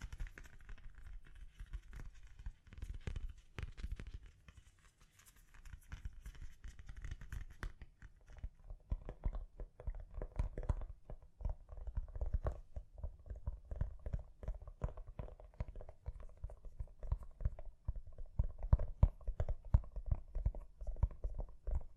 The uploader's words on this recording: ASMR Gently Tapping You to Sleep (No Talking).